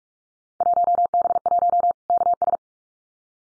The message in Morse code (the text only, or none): 1B1 KS